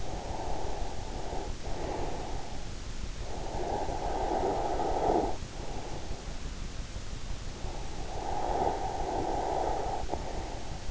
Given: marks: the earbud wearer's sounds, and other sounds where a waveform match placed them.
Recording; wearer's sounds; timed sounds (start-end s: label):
sounds in sleep by an in-ear microphone; breath, snoring breath
0.00-2.41 s: breath
3.41-6.13 s: snoring breath
7.98-10.91 s: snoring breath